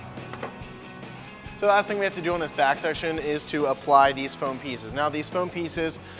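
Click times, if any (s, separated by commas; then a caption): 0.3 s, 0.4 s. With the glass liftgate raised and lined up with the pin, the liftgate support end is pushed onto its mounting pin on a fiberglass Smittybilt 1-piece hardtop with upper doors on a 1997-2006 Jeep Wrangler TJ. Two short clicks are heard at 0.3 s and 0.4 s as it snaps on and seats. Afterward someone talks over music.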